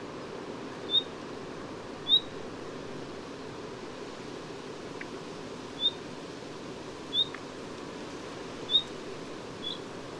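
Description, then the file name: Common nightingale giving thin, high whistled calls at irregular intervals, with a faint click or two over soft background noise. "Luscinia megarhynchos"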